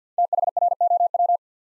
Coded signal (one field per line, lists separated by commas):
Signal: Morse code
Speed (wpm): 48 wpm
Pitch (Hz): 700 Hz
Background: none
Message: THROW